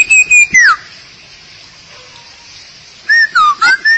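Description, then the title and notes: Starling or myna whistles: a clear high note sliding downward, then a quiet gap and a run of looping whistled phrases near the end. "suara burung jalak"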